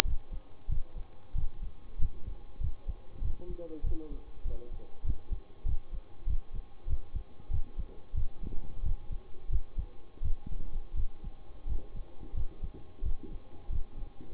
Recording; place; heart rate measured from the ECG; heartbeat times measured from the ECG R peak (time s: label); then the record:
heart sounds by stethoscope; between the tricuspid and mitral areas; 92 bpm
0.04 s: heartbeat
0.68 s: heartbeat
1.34 s: heartbeat
1.98 s: heartbeat
2.60 s: heartbeat
3.21 s: heartbeat
3.83 s: heartbeat
4.44 s: heartbeat
5.03 s: heartbeat
5.65 s: heartbeat
6.26 s: heartbeat
6.87 s: heartbeat
7.50 s: heartbeat
8.14 s: heartbeat
8.82 s: heartbeat
9.49 s: heartbeat
10.22 s: heartbeat
10.94 s: heartbeat
11.66 s: heartbeat
12.34 s: heartbeat
13.02 s: heartbeat
13.69 s: heartbeat
14.33 s: heartbeat
From the record:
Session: bicycle stress test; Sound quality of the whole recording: good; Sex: male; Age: 26 years